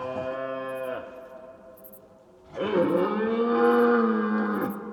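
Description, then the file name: Deer calling: a rich harmonic call, then after a pause a longer, sustained call that swells and wavers. "cerfs"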